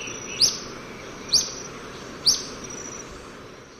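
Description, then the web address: Olive-faced flatbill with three sharp, high, upslurred call notes spaced roughly a second apart, over steady background hiss. Recorded in South America, in Ecuador. "Natures Songs S America Birds of Ecuador Olive-faced Flatbill"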